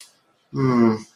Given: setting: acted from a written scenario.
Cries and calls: vocal sound without words; sympathy

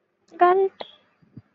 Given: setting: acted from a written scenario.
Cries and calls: vocal sound without words; guilt

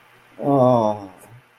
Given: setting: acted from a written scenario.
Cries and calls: vocal sound without words; serenity

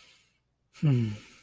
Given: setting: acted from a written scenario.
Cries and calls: vocal sound without words; serenity

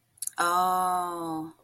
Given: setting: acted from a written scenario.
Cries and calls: vocal sound without words; realization

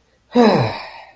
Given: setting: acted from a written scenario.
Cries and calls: vocal sound without words; contentment

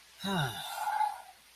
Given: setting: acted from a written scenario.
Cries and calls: vocal sound without words; contentment

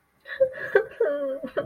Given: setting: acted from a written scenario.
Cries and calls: vocal sound without words; sadness

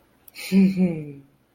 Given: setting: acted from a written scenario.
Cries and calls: vocal sound without words; serenity

